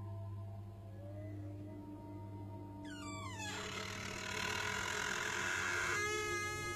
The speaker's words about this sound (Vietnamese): Xong, ông cẩn thận từ từ hé mở cánh cửa. Cái bản lề cũ kỹ nó lại rít lên kèn kẹt nghe rợn người.